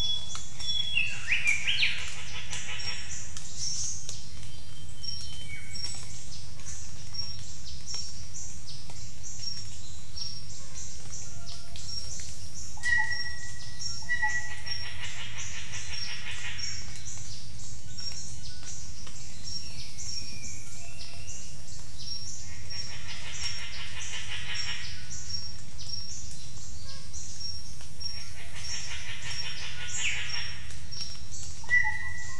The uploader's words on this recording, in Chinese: 丛林中的鸟叫_黑色喜p-印度尼西亚中加里曼丹省Mungku Baru。